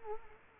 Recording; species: mosquito wingbeat signal from an infrared sensor; Culex quinquefasciatus